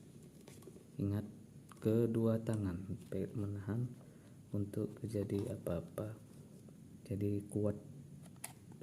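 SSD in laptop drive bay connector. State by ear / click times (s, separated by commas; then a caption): seated / 8.4 s. A new SSD is pushed to the right, by its plastic tab or by hand, into the drive bay of an Asus A46CA laptop until it seats in the SATA connector. Someone talks through most of the clip, then a sharp click sounds at 8.4 seconds as the drive clicks into place, confirmed as seated.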